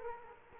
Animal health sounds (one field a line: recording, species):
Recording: mosquito wingbeat signal from an infrared sensor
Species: Culex quinquefasciatus